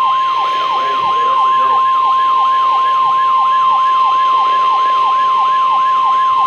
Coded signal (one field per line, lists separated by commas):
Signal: Emergency Alert System (SAME) tones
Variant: 1050 Hz attention tone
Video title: KZZ31 Required Weekly Test (EAS #1,721)